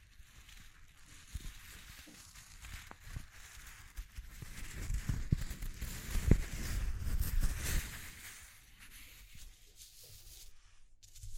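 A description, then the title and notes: ASMR texture sounds: a soft, continuous scratching and rustling dotted with small taps and clicks. The handling grows fuller and louder from about four to eight seconds, with a low rumble beneath, then eases back to quiet brushing near the end. ASMR Exploring Textures (No Talking).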